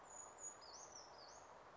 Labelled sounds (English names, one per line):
Brown Creeper